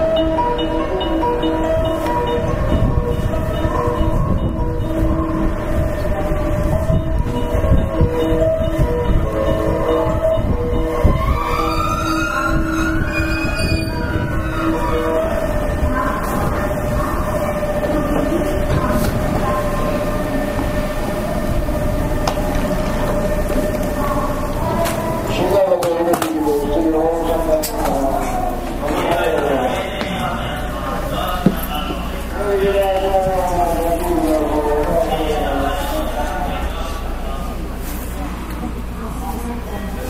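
A Kobe Line special rapid train running from Shin-Osaka toward Sannomiya, with a steady low rumble throughout and constant motor whine tones. Around 11 to 15 seconds a rising whine sweeps upward, and after 25 seconds wavering tones and voice-like sounds take over.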